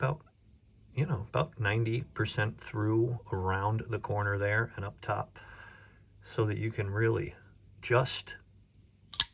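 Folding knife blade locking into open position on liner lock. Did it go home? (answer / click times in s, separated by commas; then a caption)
yes / 9.1 s, 9.2 s. Someone talks about a Kizer Hawk folding knife with a flipper and gimping running about 90% of the way around the top. Then the blade is flipped open and snaps out, and the liner lock engages with a sharp, satisfying click at 9.1 s and 9.2 s, locking the blade in the open position.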